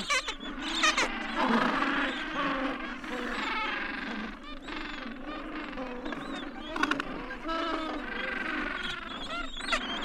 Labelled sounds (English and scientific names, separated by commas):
Gentoo Penguin (Pygoscelis papua) call